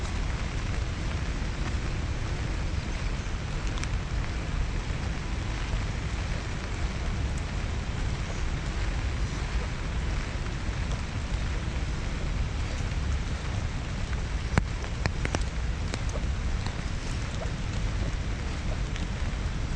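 Rain falls steadily in Central Park, a dense even hiss with low rumble, and a few sharp drips or taps near fifteen seconds.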